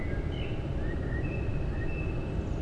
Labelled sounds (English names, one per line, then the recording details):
Common Blackbird
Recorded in Germany
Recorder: ecoPi